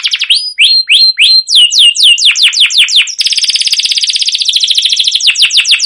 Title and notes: CUIT CUIT NGEROL LANGSUNG GACOR PANJANG Kenari Ini AMPUH Utk Pancingan KENARI. burung kenari